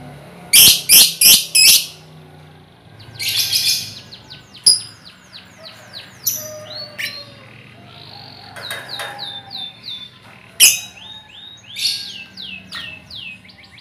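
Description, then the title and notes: Lovebird chattering: rapid bursts of harsh high notes alternating with strings of quick downslurred whistles and rasping calls, nearly continuous throughout. Lovebird ngekek song style, used as a lure song (kicau pancingan). "Master Kicau Lovebird ngekek, kicau pancingan"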